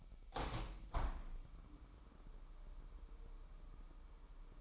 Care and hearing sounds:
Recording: daily activity, microphone in the room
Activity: open window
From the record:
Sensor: 1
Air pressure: 998.6 hPa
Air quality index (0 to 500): 126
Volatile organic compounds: 3 ppm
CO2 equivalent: 1508 ppm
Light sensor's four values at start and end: 8/18/7/9 and 8/19/8/9

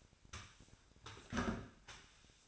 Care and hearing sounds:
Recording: daily activity, microphone in the room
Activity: sweep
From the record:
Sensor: 2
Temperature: 25.5 degrees Celsius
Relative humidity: 38.8%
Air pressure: 1006.8 hPa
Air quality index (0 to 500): 198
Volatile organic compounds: 13 ppm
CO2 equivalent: 2426 ppm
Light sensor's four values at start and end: 9/22/9/9 and 9/22/9/9

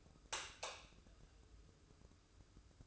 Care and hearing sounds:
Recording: daily activity, microphone in the room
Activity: light off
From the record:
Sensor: 2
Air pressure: 995.2 hPa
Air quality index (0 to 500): 72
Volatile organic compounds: 2 ppm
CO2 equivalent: 1259 ppm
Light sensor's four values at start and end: 12/35/14/14 and 7/18/7/7

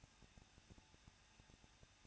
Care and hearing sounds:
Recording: daily activity, microphone in the room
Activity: no activity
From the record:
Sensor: 2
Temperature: 21.0 degrees Celsius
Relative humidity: 37.4%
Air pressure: 1006.1 hPa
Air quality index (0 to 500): 222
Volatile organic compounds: 24 ppm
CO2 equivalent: 2810 ppm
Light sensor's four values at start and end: 2/3/2/2 and 2/3/2/2

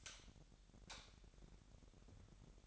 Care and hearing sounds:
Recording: daily activity, microphone in the room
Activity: light off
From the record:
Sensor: 3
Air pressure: 1011.9 hPa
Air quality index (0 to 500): 230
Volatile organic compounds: 5 ppm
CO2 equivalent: 1711 ppm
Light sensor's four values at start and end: 17/42/17/17 and 14/33/14/14

